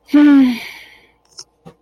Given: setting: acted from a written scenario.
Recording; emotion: vocal sound without words; disappointment